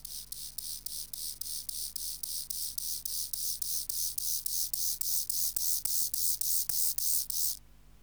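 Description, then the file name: Lesser mottled grasshopper song, a rapid series of dry, buzzy rasping pulses at an even rate, stopping abruptly near the end. Subspecies ignifer. "Chorthippus mollis ignifer"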